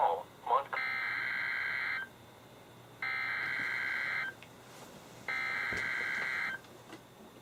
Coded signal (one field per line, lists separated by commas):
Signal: Emergency Alert System (SAME) tones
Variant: header bursts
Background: speech